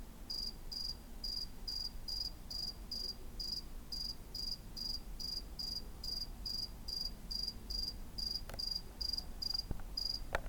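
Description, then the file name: Cricket chirping, short pulsed chirps repeated steadily about twice a second over low background hum, with a few faint clicks near the end. "CRICKET ON CATS CREEP"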